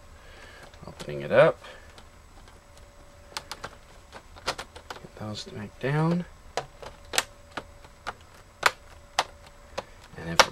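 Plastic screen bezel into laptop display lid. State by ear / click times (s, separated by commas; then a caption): seated / 9.2 s, 10.4 s. The plastic screen bezel of a Gateway NV77H18u laptop is pressed back onto the display lid after a replacement LCD panel is installed, while someone talks. Sharp clicks ring out through the clip as the bezel's plastic clips are worked in. The clips snap into place at 9.2 s and 10.4 s, seating the bezel.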